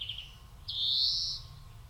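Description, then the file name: European greenfinch call: a short high note, then a long rising nasal wheeze that holds steady and fades, with low background rumble. "Chloris chloris"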